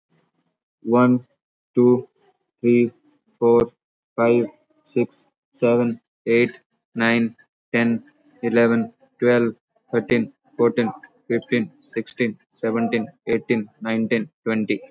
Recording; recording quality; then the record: counting at a normal pace; excellent, no background noise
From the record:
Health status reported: COVID-19 positive, mild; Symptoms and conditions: cough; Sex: male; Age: 23 years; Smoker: yes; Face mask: not worn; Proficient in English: no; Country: India